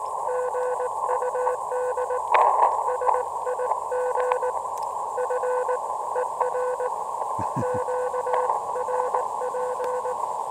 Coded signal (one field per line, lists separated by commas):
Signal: Morse code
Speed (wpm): 18 wpm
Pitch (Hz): 500 Hz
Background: none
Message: GUD SIG FER QRP